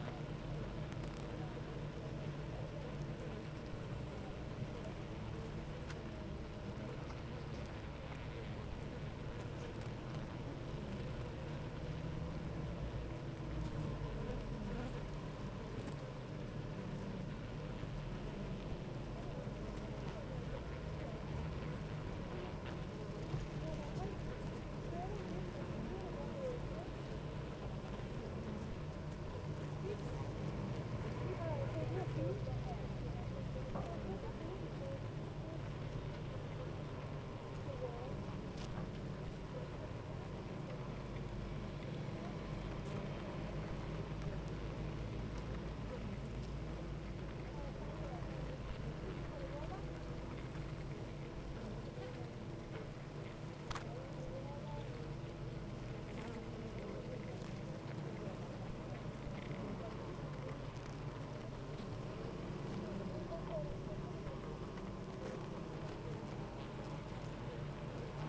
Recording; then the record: honeybee colony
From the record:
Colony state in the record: active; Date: 28 July 2017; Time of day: 8:46